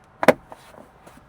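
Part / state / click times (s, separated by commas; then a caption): plastic trim piece pin into mounting hole / seated / 0.2 s, 0.3 s. A plastic trim piece on a Mercedes A220 is lined up so its pin goes into the mounting hole, then pushed in. It snaps home with two sharp clicks at 0.2 s and 0.3 s, followed by faint ticks around 0.5 s, 0.8 s and 1.3 s. The trim piece is seated back in place.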